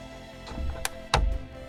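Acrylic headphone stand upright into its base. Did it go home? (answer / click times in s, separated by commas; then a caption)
yes / 1.1 s. An acrylic upright of an Asterion VERTEX RGB headphone display stand is slid into its base and clicks into place in the middle at 1.1 s, with a lighter tick at 0.9 s. Music plays in the background, and the piece is seated.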